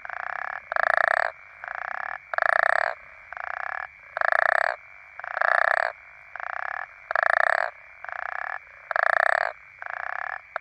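African common toad chorus: buzzy rasping snores, louder and quieter ones alternating in a steady run, with a faint steady hum throughout.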